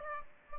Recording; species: mosquito wingbeat signal from an infrared sensor; Aedes aegypti